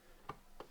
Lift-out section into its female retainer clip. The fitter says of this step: but it does clip in I can see there's a little y yeah retainer female and you hear it click yeah